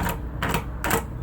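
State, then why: Seated. A digital door lock is turned after the code is entered, and its metal bolt throws home in the door frame with sharp clicks at 0.4 s and 0.8 s over a low background hum. The door is now locked.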